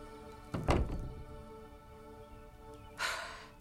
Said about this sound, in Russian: Эмили облегченно кивает и закрывает дверь.